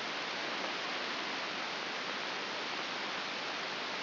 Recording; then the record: brain microelectrode recording played as sound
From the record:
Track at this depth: outside the subthalamic nucleus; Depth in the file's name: 6.215 mm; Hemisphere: left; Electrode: 2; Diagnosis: Parkinson's disease